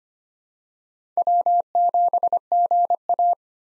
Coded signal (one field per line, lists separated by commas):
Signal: Morse code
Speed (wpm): 25 wpm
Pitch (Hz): 700 Hz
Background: none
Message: W7GA